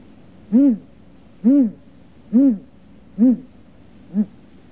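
Great grey owl calling a run of five low, evenly spaced hoots, each short and muffled, fading slightly toward the end of the series.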